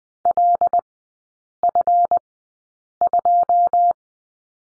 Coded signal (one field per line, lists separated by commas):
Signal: Morse code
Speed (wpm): 20 wpm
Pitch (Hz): 700 Hz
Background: none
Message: LF2